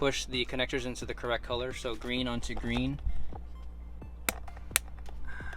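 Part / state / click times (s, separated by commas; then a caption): airbag module connectors into matching sockets / seated / 4.3 s, 4.8 s. Someone talks while color-matched airbag connectors are pushed green onto green into their sockets during the airbag reinstall on a BMW E90 3 Series M3 performance Alcantara steering wheel install. Two sharp clicks are heard at 4.3 s and 4.8 s, with quieter ticks around them, as the airbag module connectors seat fully in the matching sockets.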